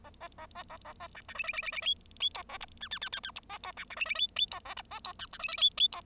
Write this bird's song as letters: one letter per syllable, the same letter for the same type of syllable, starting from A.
A B A B A A B C D E E E E E F F G A H I I I I I H B G C D E E F F G A H B G C D E E F F G